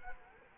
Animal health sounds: mosquito wingbeat signal from an infrared sensor; Culex quinquefasciatus

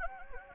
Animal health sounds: mosquito wingbeat signal from an infrared sensor; Anopheles gambiae

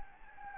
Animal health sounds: mosquito wingbeat signal from an infrared sensor; Anopheles gambiae

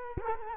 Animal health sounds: mosquito wingbeat signal from an infrared sensor; Culex quinquefasciatus

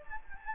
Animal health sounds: mosquito wingbeat signal from an infrared sensor; Anopheles gambiae

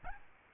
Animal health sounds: mosquito wingbeat signal from an infrared sensor; Aedes albopictus

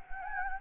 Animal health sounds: mosquito wingbeat signal from an infrared sensor; Anopheles gambiae

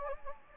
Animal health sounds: mosquito wingbeat signal from an infrared sensor; Anopheles gambiae

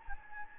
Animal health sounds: mosquito wingbeat signal from an infrared sensor; Anopheles gambiae

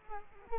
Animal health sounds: mosquito wingbeat signal from an infrared sensor; Culex quinquefasciatus

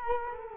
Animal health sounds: mosquito wingbeat signal from an infrared sensor; Culex quinquefasciatus

